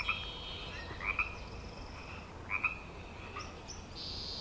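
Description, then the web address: Frogs uttering paired short croaks at irregular intervals, with fainter calls and a high buzzy note near the end. Frog chorus on Grafton Lake, recorded 3 May 2009. "The Frog Chorus Tunes Up On Grafton Lake frogs edit 090503"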